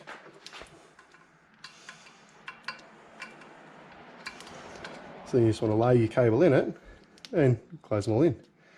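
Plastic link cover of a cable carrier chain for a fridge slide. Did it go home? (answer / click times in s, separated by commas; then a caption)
no / none. A cable is laid into a plastic cable carrier chain for a fridge slide while its link covers are handled, giving a few faint, sharp taps and knocks over a quiet background for the first five seconds. Someone then talks for the rest of the clip. Nothing has clicked shut or seated yet.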